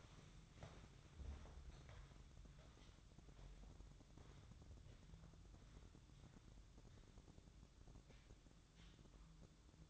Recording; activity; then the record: daily activity, microphone in the room; walk to room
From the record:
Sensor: 3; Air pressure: 1008.2 hPa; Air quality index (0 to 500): 133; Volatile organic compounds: 2 ppm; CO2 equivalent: 1099 ppm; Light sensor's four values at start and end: 11/25/10/10 and 10/24/10/10